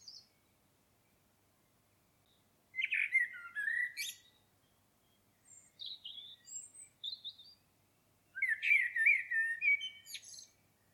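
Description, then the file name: Common blackbird song in separate phrases: a mellow warble with a high squeaky tail, softer high notes in between, then another fluting phrase with a twittering ending. "Turdus merula"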